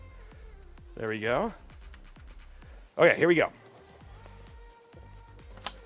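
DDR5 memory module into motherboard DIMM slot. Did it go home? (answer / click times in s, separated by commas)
yes / 5.7 s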